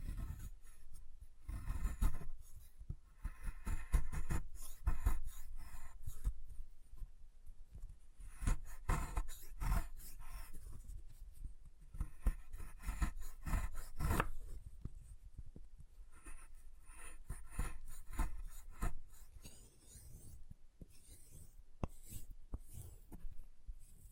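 Chalk being carved and cut, with a steady run of short scraping and tapping strokes that come in quick, uneven bursts. Thuds and scratches repeat every fraction of a second, some sharper clicks stand out, and a brief quieter patch falls near twenty seconds.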